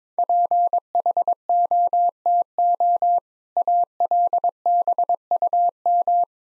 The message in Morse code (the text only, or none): PHOTO ALBUM